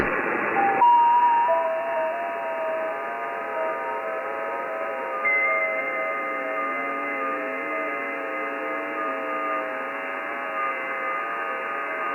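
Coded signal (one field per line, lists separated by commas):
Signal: FT8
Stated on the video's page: FT8 audio sent live from a TS590S radio to the PC.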